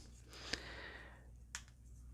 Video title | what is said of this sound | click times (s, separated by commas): Transformers War for Cybertron Kingdom Black Arachnia review | And then you hear a little click. | 1.6 s